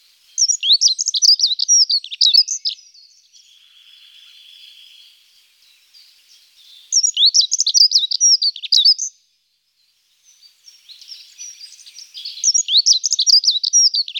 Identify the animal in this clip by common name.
Dunnock